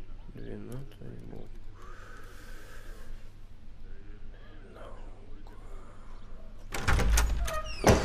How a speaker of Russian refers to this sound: ты что мне дверь ломаешь? Врывается мужчина, седой, с усами.